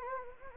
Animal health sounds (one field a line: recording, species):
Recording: mosquito wingbeat signal from an infrared sensor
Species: Anopheles gambiae